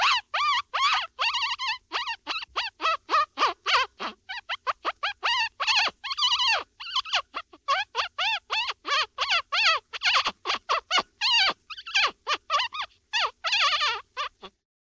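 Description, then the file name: Dog yelping and whining in a fast, unbroken series of high, arched, harmonic cries, several per second, with only short gaps throughout. Whining in pain. "sobaka skulit ot boli"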